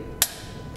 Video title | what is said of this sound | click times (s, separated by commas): How to Use SD LipidoCare Analyser - Monitor Your Cholesterol Level | Next, what we want to do is to take this code chip and put it into the side of the meter and push it until you hear click, right? | 0.2 s